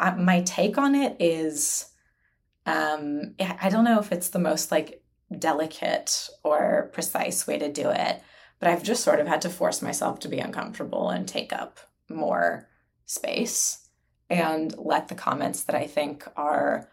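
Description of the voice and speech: A woman speaks with stretched sounds and silent pauses mid-phrase, consistent with mild stuttering prolongations and blocks. She has stuttered since birth.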